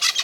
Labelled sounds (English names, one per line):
Brown-throated Parakeet contact call